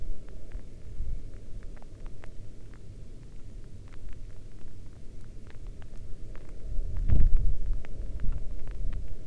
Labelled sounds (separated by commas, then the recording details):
rain
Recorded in the Arctic National Wildlife Refuge, Alaska, on 11 August 2019 at 22:33
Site 40